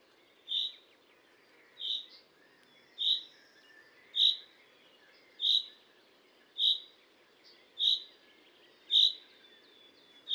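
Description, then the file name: Common chaffinch repeating a clear, short call note roughly every 1.2 seconds against a quiet hissing background and faint chirps. "Fringilla coelebs"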